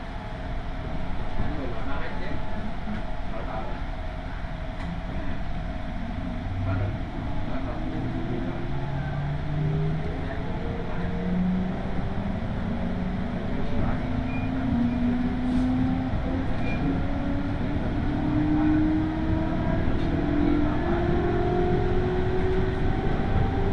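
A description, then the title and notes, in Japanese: A Tokaido Line local train rolls along with a dense, steady low rumble and rattle throughout. A motor whine starts low and climbs gradually in pitch over the whole stretch as the train gathers speed, with a fainter higher tone rising alongside it. 東海道本線各駅停車 豊橋→西岡崎。最近は運用も減っている311系特有の加速感が分かると思います。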